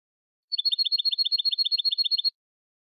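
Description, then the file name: European goldfinch song: a rapid, even trill of many bright, high chirping notes lasting under two seconds, with no other sounds. Recorded in 2019; the song is described as clean goldfinch song (canto limpio). "Canto del Jilguero Limpio 2019 Chant chardonneret 2019"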